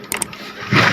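A plastic stand or back-cover part is handled on the chassis of a Dell OptiPlex 3280 all-in-one PC during reassembly, with its two tabs being inserted before the lock is pressed. Two short sharp handling taps sound near 0.1 s and 0.2 s over low broadband noise, and a louder, steady rustle builds from about 0.7 s to the end. Nothing has seated or clicked yet.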